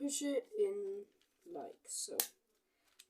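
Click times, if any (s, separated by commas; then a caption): 3.0 s. Someone talks while pushing a plastic tabbed panel into its slot on a Studio Series 92 Crosshairs transforming robot toy during transformation, pushing it until it is snug. A single sharp click sounds at 3.0 s as the panel snaps into place and seats.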